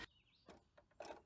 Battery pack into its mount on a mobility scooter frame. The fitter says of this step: and then the battery that just pops right on you just snap that in